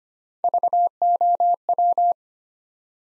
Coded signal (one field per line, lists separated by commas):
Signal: Morse code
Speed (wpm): 25 wpm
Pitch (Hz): 700 Hz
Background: none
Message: VOW